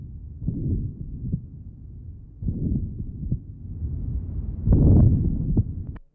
Age 62, with patent ductus arteriosus. Recording taken at pulmonary area. Note the continuous murmur in this area.